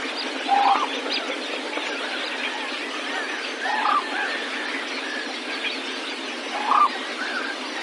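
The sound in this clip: White-naped crane calls, three short, loud honking notes spaced about three seconds apart over a steady rushing hiss.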